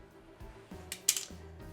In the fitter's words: there wind and 24 volt snap right in so